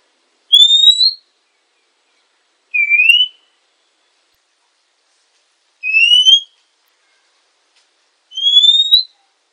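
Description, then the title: Oriental magpie-robin uttering four separate whistled notes, mostly rising, spaced a few seconds apart in otherwise quiet surroundings. Female. "kacer_betina"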